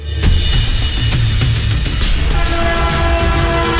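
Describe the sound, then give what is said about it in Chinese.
A train usually used for carrying coal rumbles steadily along the rails, heading south from the Soviet Union on the Trans-Siberian Railway in July 1950, carrying 982 Japanese war criminals. A dense low roar with rhythmic clanking and periodic sharp clacks, while a sustained horn-like tone rises in the second half. No voices. “1950年7月18日，一列平常用于装载煤炭的火车从苏联开出，沿着西伯利亚大铁路一路向南飞驰而来。”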